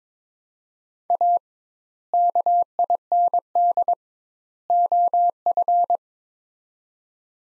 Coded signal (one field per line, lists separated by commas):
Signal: Morse code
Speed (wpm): 22 wpm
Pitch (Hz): 700 Hz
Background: none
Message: A KIND OF